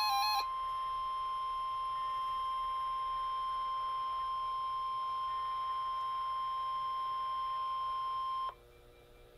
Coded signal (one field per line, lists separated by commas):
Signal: Emergency Alert System (SAME) tones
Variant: 1050 Hz attention tone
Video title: EAS Required Weekly Test NOAA Weather Radio KEC65 (Featuring Goodwill RadioShack 12-262!)